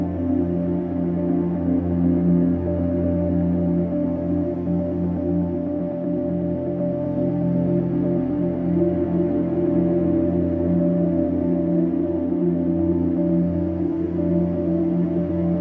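A soft, nostalgic upright piano plays with held, overlapping notes that blur into a steady wash in the low and middle range. The level stays even for the whole stretch, with no sharp strikes and little brightness on top.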